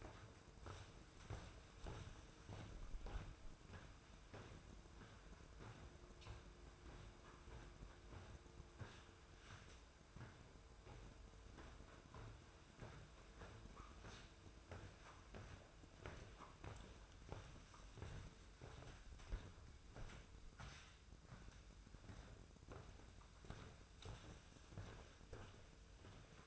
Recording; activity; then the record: daily activity, microphone in the room; walk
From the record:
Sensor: 2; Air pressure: 1005.5 hPa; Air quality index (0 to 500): 98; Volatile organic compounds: 2 ppm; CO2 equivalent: 1190 ppm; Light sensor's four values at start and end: 9/20/8/8 and 9/20/8/8